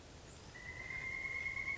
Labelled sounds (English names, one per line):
Pileated Woodpecker